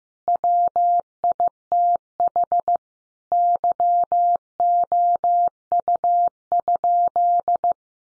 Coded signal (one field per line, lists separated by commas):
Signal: Morse code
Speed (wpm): 15 wpm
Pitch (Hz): 700 Hz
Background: none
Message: WITH YOU?